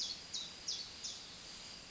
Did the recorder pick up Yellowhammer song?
no